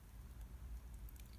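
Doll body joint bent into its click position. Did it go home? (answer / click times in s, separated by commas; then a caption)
no / none. Someone bends the body joint of a plastic fashion doll forward and back, as the instructions say, to make it click into position, but the joint is very stiff. Only a low rumble is heard, with two faint ticks at about 1.1 and 1.2 seconds. Nothing has clicked into position yet.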